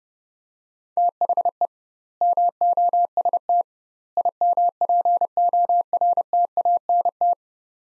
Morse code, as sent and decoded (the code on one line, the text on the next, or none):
- .... . / -- --- ... - / .. -- .--. --- .-. - .- -. -
THE MOST IMPORTANT